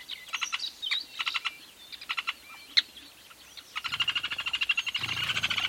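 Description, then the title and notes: Weaver calls: many birds chattering with sharp chips and short whistles, building into a dense, continuous pulsing chorus toward the end. Recorded at a large weaver nest in Etosha National Park, Namibia. "This is a recording I made at a large Weaver nest in Etosha NP, Namibia."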